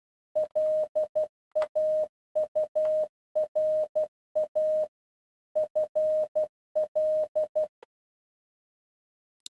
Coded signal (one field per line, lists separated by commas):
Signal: Morse code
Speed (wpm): 12 wpm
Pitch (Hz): 620 Hz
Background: none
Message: LAURA FL